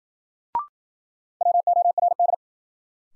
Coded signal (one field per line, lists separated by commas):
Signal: Morse code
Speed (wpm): 53 wpm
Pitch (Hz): 700 Hz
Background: none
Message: WORD